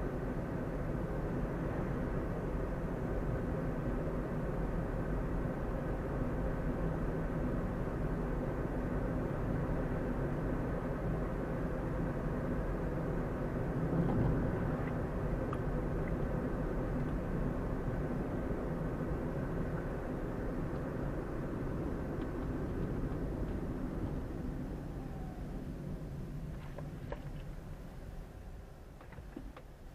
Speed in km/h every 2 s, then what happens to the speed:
46, 46, 48, 49, 49, 50, 49, 47, 46, 45, 43, 36, 24, 14, 6.
0-19 steady at about 47. 19-28 brakes to 6.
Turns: none.